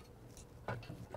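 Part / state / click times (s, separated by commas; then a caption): wire strain relief bushing into sensor cover hole / not seated / none. A crimped wire strain-relief bushing is handled and pushed toward the hole in a sensor cover for a Right Weigh 201 Series load scale strain sensor on a spring-suspension axle. Faint scraping and light handling noises are heard, with a louder rustling burst near 0.7 s. Nothing has seated or clicked yet.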